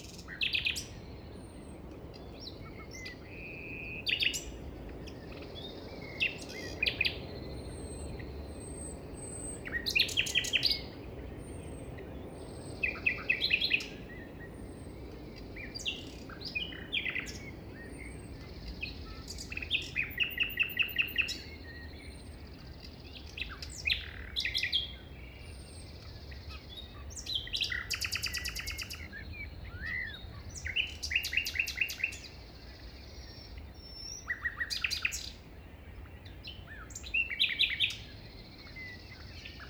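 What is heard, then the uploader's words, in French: A nightingale sings beside a path, its phrases varied and rich: rapid bright trills, clicking rattles and pure whistles arriving in bursts every few seconds, with short pauses between. A low, steady rumble of wind or traffic fills the background throughout. Un vent de rossignol. Plateau de Lesches en diois - 5h05 - Nagra seven - mkh40 - stereo. Un rossignol en bord de chemin ça ne se refuse pas, d'autant que le vent faibli ensuite en fin d'ambiance.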